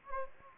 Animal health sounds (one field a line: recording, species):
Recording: mosquito wingbeat signal from an infrared sensor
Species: Anopheles gambiae